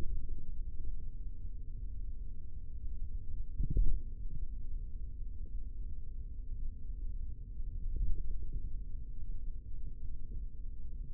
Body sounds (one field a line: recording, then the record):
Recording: forearm muscle sounds (acoustic myography)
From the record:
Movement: finger pinch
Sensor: system 3, bracelet of six PUI Audio POM-2738L microphones around the upper forearm, with dedicated amplification and filtering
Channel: 5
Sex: male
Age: 43 years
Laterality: right